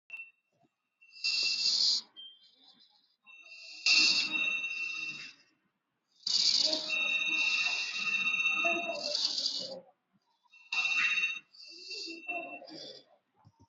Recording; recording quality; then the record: shallow breathing; excellent, no background noise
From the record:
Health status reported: COVID-19 positive, moderate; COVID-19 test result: positive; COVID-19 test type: RT-PCR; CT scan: not taken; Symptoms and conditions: sore throat, muscle pain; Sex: female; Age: 34 years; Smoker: no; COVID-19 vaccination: one dose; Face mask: worn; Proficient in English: yes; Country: India